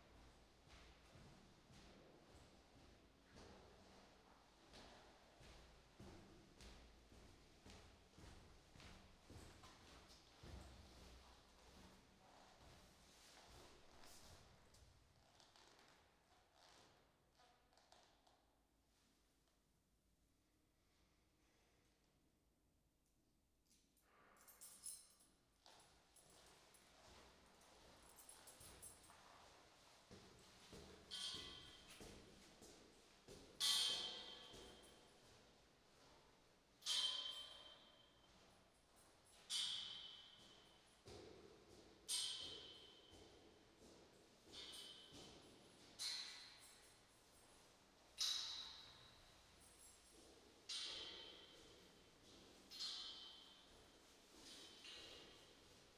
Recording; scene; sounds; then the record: everyday scene through a hearing-aid microphone; reverberant space; background noise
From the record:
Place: staircase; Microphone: in the ear canal, right